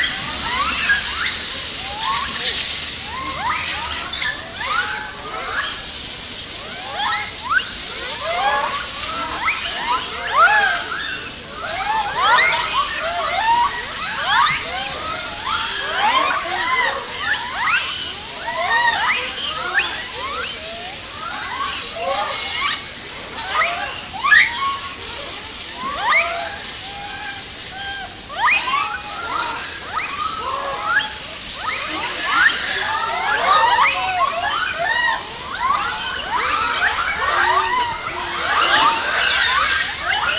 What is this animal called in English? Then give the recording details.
Japanese Macaque. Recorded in captivity. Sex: group. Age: diverse. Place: Zoo Berlin, Berlin, DE. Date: 2000-09-07 15:26. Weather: heiter, 16°C. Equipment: Nagra SN, Kopie Uher 4000 Report Monitor. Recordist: Tembrock, Günter. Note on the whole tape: Gruppe: Laute bei Futtererwartung, dann auch agonistisch